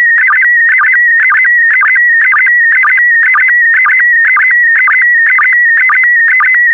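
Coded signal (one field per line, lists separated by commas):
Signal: SSTV (slow-scan television)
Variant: PD120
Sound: steady high whistle warbling between pitches, short low chirps about twice a second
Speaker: the next image transmission will start in 10 seconds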